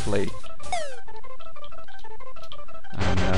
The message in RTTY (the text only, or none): none